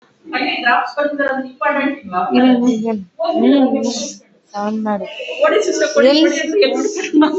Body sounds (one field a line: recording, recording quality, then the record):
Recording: sustained vowel as in beet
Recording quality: poor, much background noise or distortion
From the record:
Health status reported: COVID-19 positive, mild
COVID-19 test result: positive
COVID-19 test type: RT-PCR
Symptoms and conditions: cough, cold, fever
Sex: female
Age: 26 years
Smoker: no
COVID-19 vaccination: both doses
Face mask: worn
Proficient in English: yes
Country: India